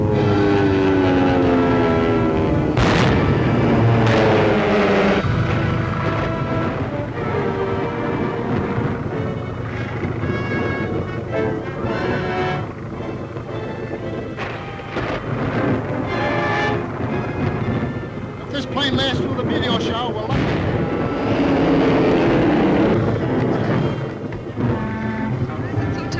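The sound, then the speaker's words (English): A transcontinental airliner roars through turbulence: a loud, continuous rumbling drone with wavering, sliding engine tones and sudden jolting bursts of noise throughout. “Proximity of the wild planet, disturbing the atmosphere. Ladies and gentlemen, we are trying to make a landing, but we can't tell what might happen.”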